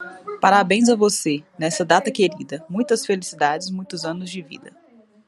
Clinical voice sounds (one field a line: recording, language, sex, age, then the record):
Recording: short text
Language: Brazilian Portuguese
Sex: female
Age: 20 to 29 years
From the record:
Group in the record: control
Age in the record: 29 years